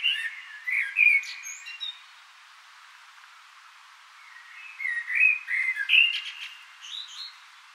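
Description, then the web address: Common blackbird song, two bursts of rich, flute-like warbling that close with thin, scratchy twitters, separated by a few seconds of quiet. "SETE Turdus merula"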